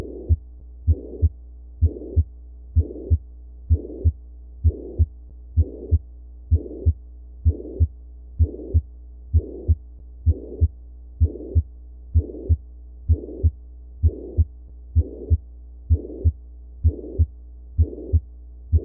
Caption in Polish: Szmer holosystoliczny z p max nad koniuszkiem serca.